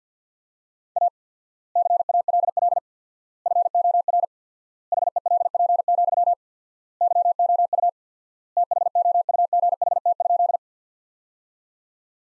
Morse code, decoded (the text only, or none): A CALL FOR HELP, YOU THOUGHT?